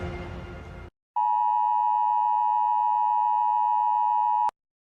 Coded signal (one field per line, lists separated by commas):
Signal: Emergency Alert System (SAME) tones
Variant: 853 and 960 Hz attention tone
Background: music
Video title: EAS Scenario #34: Lion Rampage of Cape Town.